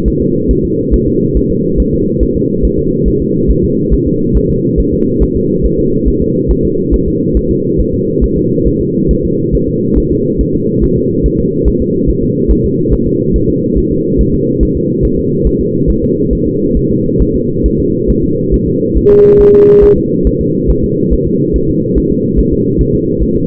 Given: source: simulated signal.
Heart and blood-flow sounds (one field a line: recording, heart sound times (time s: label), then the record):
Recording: fetal heart sounds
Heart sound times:
0.08 s: S1
0.22 s: S2
0.51 s: S1
0.65 s: S2
0.94 s: S1
1.08 s: S2
1.37 s: S1
1.51 s: S2
1.80 s: S1
1.94 s: S2
2.23 s: S1
2.37 s: S2
2.65 s: S1
2.79 s: S2
3.08 s: S1
3.22 s: S2
3.51 s: S1
3.64 s: S2
3.94 s: S1
4.07 s: S2
4.37 s: S1
4.50 s: S2
4.80 s: S1
4.94 s: S2
5.23 s: S1
5.37 s: S2
5.66 s: S1
5.79 s: S2
6.08 s: S1
6.22 s: S2
6.51 s: S1
6.65 s: S2
6.94 s: S1
7.08 s: S2
7.37 s: S1
7.51 s: S2
7.80 s: S1
7.94 s: S2
8.24 s: S1
8.38 s: S2
8.68 s: S1
8.81 s: S2
9.11 s: S1
9.25 s: S2
9.55 s: S1
9.69 s: S2
9.98 s: S1
10.12 s: S2
10.41 s: S1
10.55 s: S2
10.84 s: S1
10.98 s: S2
11.26 s: S1
11.40 s: S2
11.68 s: S1
11.82 s: S2
12.10 s: S1
12.23 s: S2
12.51 s: S1
12.65 s: S2
12.94 s: S1
13.07 s: S2
13.36 s: S1
13.50 s: S2
13.78 s: S1
13.92 s: S2
14.21 s: S1
14.35 s: S2
14.63 s: S1
14.77 s: S2
15.05 s: S1
15.19 s: S2
15.47 s: S1
15.61 s: S2
15.90 s: S1
16.04 s: S2
16.33 s: S1
16.47 s: S2
16.77 s: S1
16.91 s: S2
17.22 s: S1
17.35 s: S2
17.66 s: S1
17.80 s: S2
18.10 s: S1
18.24 s: S2
18.54 s: S1
18.68 s: S2
18.98 s: S1
19.11 s: S2
19.41 s: S1
19.55 s: S2
19.84 s: S1
19.98 s: S2
20.27 s: S1
20.41 s: S2
20.71 s: S1
20.84 s: S2
21.13 s: S1
21.27 s: S2
21.56 s: S1
21.70 s: S2
21.98 s: S1
22.12 s: S2
22.39 s: S1
22.53 s: S2
22.81 s: S1
22.95 s: S2
23.23 s: S1
23.36 s: S2
From the record:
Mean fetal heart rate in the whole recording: 140 bpm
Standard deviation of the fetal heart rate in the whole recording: 2 bpm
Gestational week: 34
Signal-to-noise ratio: -11.2 dB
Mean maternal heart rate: 72 bpm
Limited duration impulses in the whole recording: present